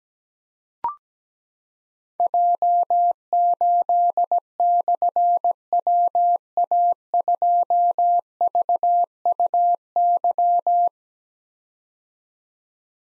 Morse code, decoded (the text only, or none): J8/WA2VUY